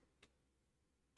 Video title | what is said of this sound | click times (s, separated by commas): Random stuff because why not | and then it just snaps into place after that I think I | 0.2 s